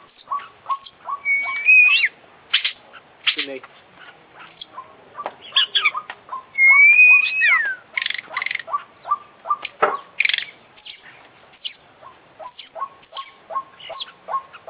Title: KICAU KACER JUARA INTERNASIONAL FULL ISIAN KOMPLIT